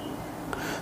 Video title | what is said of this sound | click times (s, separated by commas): Zhiyun Smooth-Q3 Stabilizer Gimbal Best Price Available https://maps.app.goo.gl/B7zVwwoPer4GiUmg7 | और यह last में आकर इसको एक आवाज जाएगी जो यह नीचे लॉक हो जाएगा | 0.5 s